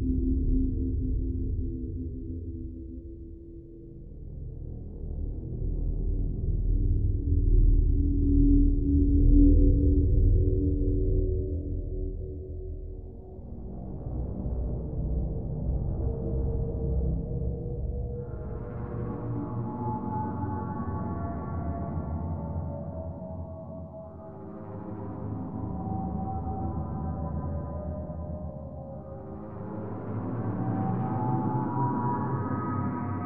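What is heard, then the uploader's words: A dark horror ambience of low, droning tones that swell and fade in slow waves. A deep rumble dominates the first half, then brighter ringing, gong-like overtones rise and shimmer from about fifteen seconds onward before settling back into the drone. Black Waves | Royalty Free Horror Ambiance.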